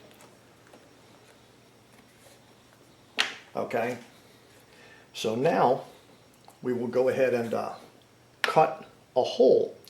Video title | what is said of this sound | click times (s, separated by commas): Wen 6800W Extended Run Time Fuel Kit Installation Instructions by Pinellas Power Products | hose to snap in place on it | 3.2 s